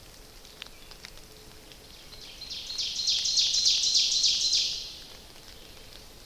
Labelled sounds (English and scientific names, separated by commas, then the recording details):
Ovenbird (Seiurus aurocapilla) song
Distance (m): 35 m
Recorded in boreal forest in Alberta, Canada, on 29 May 2016 at 06:00
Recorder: SongMeter 3, array SBT-3-49
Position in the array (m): 70 m, 254 m
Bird 14